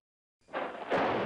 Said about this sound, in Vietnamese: Bất giác trên trời có tiếng sét đánh kết đùng, khiến người nào người nấy co rúm cả lại. Một vài người lớn tuổi thấy thế thì thở dài nói. Thế này là có điểm không lành rồi. Trời nắng mà có sét đánh chẳng khác nào ông trời đang quở trách rồi.